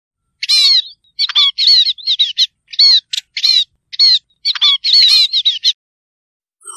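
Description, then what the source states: Starling calls: a run of short, bright chirps and whistled notes in quick bursts, with brief gaps, ending with a faint note. Calls used to lure starlings; described as starlings calling the flock.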